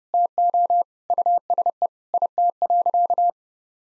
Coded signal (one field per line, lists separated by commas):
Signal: Morse code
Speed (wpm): 28 wpm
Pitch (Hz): 700 Hz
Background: none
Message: TO USE IT.